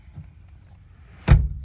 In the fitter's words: pops right in place you can lock your seat you don't worry about someone stealing it